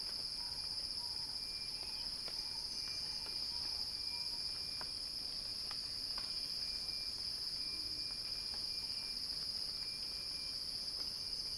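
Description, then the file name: Cicada chorus: an unbroken high-pitched droning buzz, steady in level, with occasional faint ticks and a thin whistle-like tone underneath. Cicada song building in a crescendo. "Axel-Drioli Cicada-Crescendo-Sounding-Wild"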